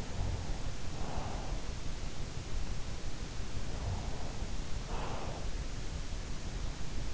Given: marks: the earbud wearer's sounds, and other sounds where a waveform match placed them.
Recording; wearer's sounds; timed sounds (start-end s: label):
sounds in sleep by an in-ear microphone; snoring breath
0.00-1.54 s: snoring breath
3.47-5.36 s: snoring breath